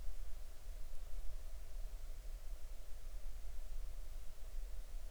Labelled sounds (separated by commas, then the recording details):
near silence
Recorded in the Arctic National Wildlife Refuge, Alaska, on 20 July 2019 at 03:11
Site 38